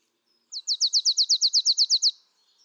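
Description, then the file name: Marsh tit giving a single rapid series of a dozen or so sharp, high, down-slurred notes lasting about a second and a half. "Poecile palustris"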